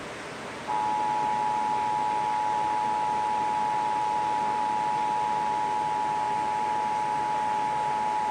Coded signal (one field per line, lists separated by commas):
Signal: Emergency Alert System (SAME) tones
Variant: 853 and 960 Hz attention tone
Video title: National EAS Test Compilation 9/27/17 (EAS#181-186)